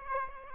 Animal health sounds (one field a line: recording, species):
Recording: mosquito wingbeat signal from an infrared sensor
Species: Aedes aegypti